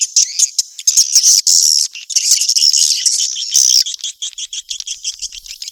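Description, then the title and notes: Swiftlet twittering: a burst of loud, shrill, rolling chirps that breaks into shorter, sparser clicks and twitters toward the end. Sound used in swiftlet farming in Asia. "Swiflet Bird Sound. Farming Swiflet Bird asia sound"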